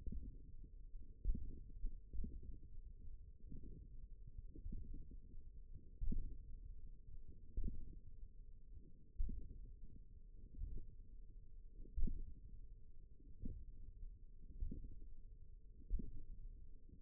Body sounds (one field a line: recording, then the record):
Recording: forearm muscle sounds (acoustic myography)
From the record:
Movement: hand opening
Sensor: system 1, eight BSWA MPA416 microphones around the upper forearm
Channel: 2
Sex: female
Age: 20 years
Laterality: right